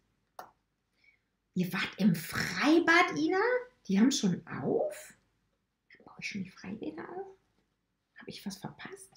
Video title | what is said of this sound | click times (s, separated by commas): Waschtasche "Pekka" - Sew along - Teil 4 | Jetzt setze ich die Köpfe auf, bis es klickt. | 0.4 s